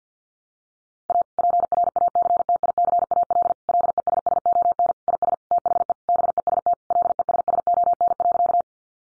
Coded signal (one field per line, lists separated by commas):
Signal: Morse code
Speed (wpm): 50 wpm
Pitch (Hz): 700 Hz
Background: none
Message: A PRACTICAL LESSON IS THE BEST LESSON.